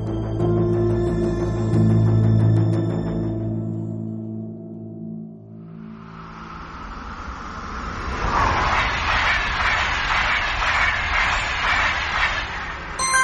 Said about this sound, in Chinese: 女士们，先生们，欢迎乘坐高6625次高铁列车，本次列车的终点站是盐城东站，祝您旅途愉快。